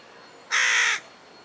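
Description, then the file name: Carrion crow giving a single harsh, rasping caw lasting about half a second, with quiet background. "Corvus corone"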